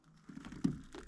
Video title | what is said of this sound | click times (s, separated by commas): How To Replace The High Beam Lights On Pathfinder | You'll hear it click into place, and this side is done. | 0.6 s